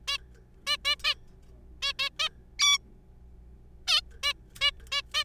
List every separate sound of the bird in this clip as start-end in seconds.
0.08-0.18, 0.67-0.77, 0.85-0.95, 1.04-1.14, 1.82-1.93, 1.99-2.09, 2.20-2.29, 2.59-2.78, 3.88-4.01, 4.23-4.33, 4.61-4.71, 4.92-5.02, 5.14-5.24